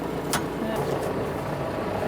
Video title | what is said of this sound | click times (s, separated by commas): notre quotidien d'éleveurs 4.24: il est temps rentrer les génisses | c'est bien enclenché non | 0.3 s